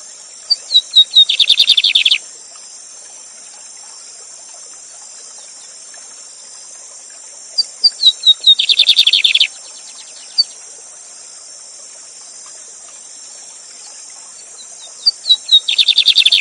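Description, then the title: Lined seedeater singing three short bursts about seven seconds apart, each of thin whistles leading into a dense buzzy trill, with constant water hiss throughout. Teacher bird used to train song, singing live with a waterfall. "Bigode Gavião negro"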